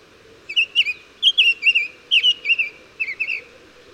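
Bird song of short whistled, chirping phrases given in quick clusters with brief pauses, over a low steady background hum.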